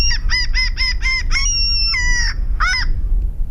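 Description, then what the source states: Herring Gull calls: a rapid run of short, clipped yelping notes, followed by two longer, flatter wails and one final yelp. Played back for comparison alongside other gull species.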